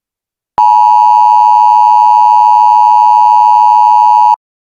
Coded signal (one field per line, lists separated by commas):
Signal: Emergency Alert System (SAME) tones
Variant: 853 and 960 Hz attention tone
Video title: [EAS SCENARIO] March 22nd 2007 Tsunami